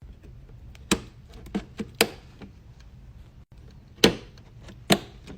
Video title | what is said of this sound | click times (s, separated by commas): How to build a pc! | some force will be required push down until you hear two audible clicks | 0.9 s, 2.0 s, 4.0 s, 4.9 s